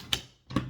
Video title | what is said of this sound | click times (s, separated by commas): Rod the icecream man jack in the box #Mrjbox | and that's locked in there. | 0.1 s